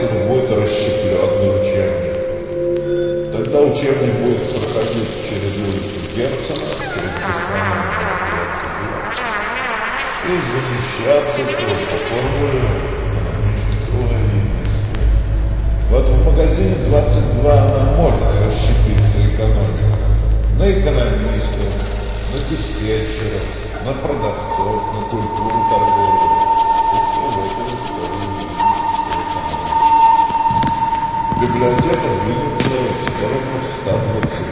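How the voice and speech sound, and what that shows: An adult man with schizophrenia and a disturbance of consciousness speaks Russian fluently and at an even pace, with short pauses. His sentences about textbooks, streets, shops and the economy are built correctly, but their content is completely meaningless: schizophasia, or word salad. A low hum and a steady tone run underneath.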